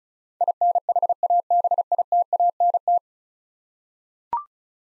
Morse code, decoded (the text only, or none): INHABITANT